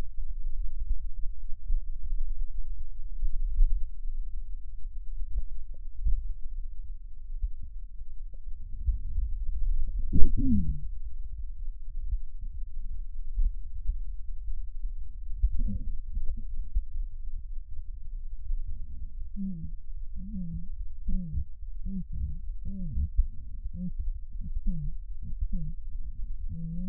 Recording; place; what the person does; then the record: lung sounds by stethoscope; left posterior apical chest; quiet breathing, then cough and speech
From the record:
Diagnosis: interstitial lung disease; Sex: female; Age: 72 years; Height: 153 cm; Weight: 71 kg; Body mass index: 30.3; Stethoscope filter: bell mode